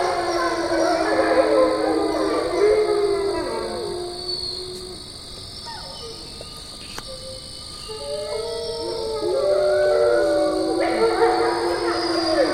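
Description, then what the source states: Wolf: wolves in a group howl, many sliding overlapping tones, dipping quieter in the middle before the chorus swells again. Recorded on 27 September 2009.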